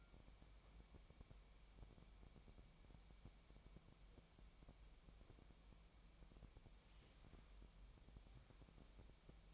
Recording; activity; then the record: daily activity, microphone in the room; wipe stove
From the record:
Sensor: 1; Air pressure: 1003.2 hPa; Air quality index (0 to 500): 197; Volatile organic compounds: 6 ppm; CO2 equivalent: 1884 ppm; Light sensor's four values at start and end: 11/26/11/13 and 11/26/11/13